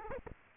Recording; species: mosquito wingbeat signal from an infrared sensor; Aedes aegypti